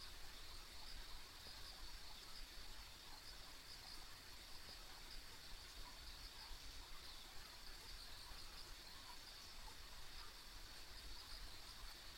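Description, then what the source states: Insects in a steady high trilling chorus with a few brighter pulses scattered through it, over a low persistent rumble. Ambient insect sounds on a country road.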